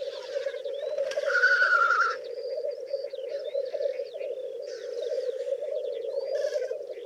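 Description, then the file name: Black grouse giving a continuous low bubbling, cooing rookoo, with a loud harsh hissing burst early on, fainter ones later, and thin higher whistled notes. "Black Grouse (Tetrao tetrix)"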